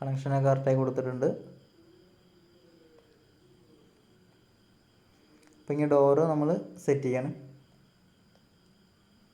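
Someone talks at about 0–1.5 s and again at about 5.7–7.5 s while a refrigerator door or cover panel is positioned against its compartment, ready to be pressed in to lock. Between the two stretches of talk there are only faint handling sounds. Nothing has seated or clicked yet.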